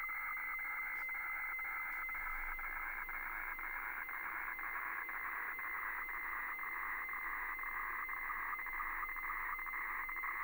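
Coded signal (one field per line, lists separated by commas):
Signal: weather fax (radiofax)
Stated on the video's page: HF weather fax received off shortwave.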